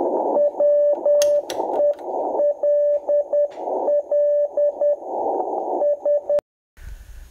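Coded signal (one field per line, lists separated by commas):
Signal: Morse code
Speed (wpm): 10 wpm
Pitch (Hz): 580 Hz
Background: radio noise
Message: WELL S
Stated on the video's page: Yaesu FT-920 receiving CW, demonstrating installed options including the YF-116C narrow CW filter.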